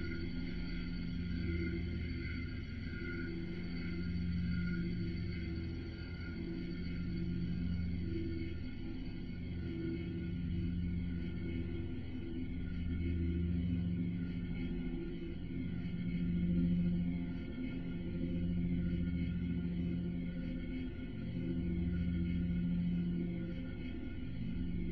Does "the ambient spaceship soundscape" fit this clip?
yes